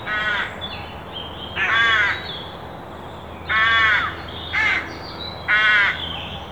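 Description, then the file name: Carrion crow uttering five harsh caws at uneven intervals, some short and clipped, others longer, against a faint steady hum. "Corvus corone"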